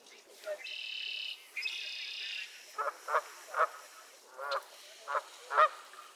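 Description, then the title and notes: Goose: geese honking in a rough series of short nasal calls, after two long buzzy notes. Squabbling geese at Miner's Marsh, Annapolis Valley, Nova Scotia. "Theraphonia - Geese at Miner's Marsh. Geese squabbles at Miner's Marsh, Annapolis Valley, Nova Scotia"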